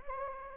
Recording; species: mosquito wingbeat signal from an infrared sensor; Anopheles gambiae